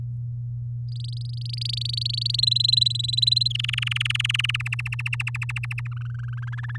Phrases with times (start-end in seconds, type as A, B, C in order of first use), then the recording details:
0.88-2.40 A, 2.42-3.48 B, 3.50-4.57 C, 4.59-5.87 D, 5.92-6.77 E. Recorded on 10 May 2018 at 06:04. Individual llb16